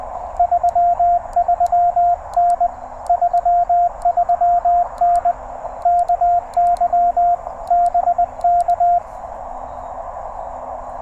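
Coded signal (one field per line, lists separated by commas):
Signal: Morse code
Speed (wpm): 20 wpm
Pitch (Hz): 690 Hz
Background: radio noise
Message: 33N 33N KY BK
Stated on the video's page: QRP CW parks-on-the-air activation from a TR-35 in the evening, on multiple bands.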